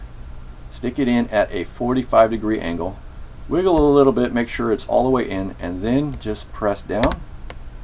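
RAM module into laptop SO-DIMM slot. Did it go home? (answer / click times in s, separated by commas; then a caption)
no / none. A RAM module is being handled at a 45° angle and wiggled into the SO-DIMM slot of an HP 17-g121wm laptop while someone talks throughout. A short sharp tick is heard near the end, but nothing has seated or clicked yet; the module has not been pressed down into the side latches.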